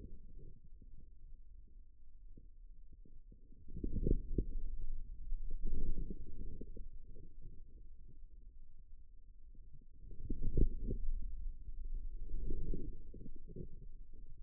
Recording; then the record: forearm muscle sounds (acoustic myography)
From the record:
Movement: outward rotation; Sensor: system 2, bracelet of six BSWA MPA416 microphones around the upper forearm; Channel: 1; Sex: male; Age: 22 years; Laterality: right